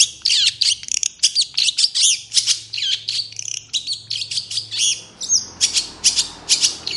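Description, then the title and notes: Long-tailed shrike song, a fast jumble of high scratchy chirps and twitters, briefly thinning near five seconds before sharp notes resume. Singing in the morning; clear, varied voice with toet toet notes, described as easy for other birds to imitate. "Cendet Gacor Dor Di Kala Pagi Toet Toet Variasi Suara Jernih Mudah Di Tiru. Burung cendet"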